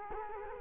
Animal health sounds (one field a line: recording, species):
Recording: mosquito wingbeat signal from an infrared sensor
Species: Culex quinquefasciatus